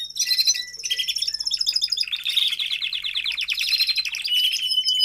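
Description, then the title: Domestic canary warbling nonstop, running one rapid trill into the next with high, bright notes. Male Belgian canary singing a lot; meant to warm up and train young canaries. "Canary Training Esquente Seu Filhote E Canario Belga Em 30 Minutos Macho Cantando Muito"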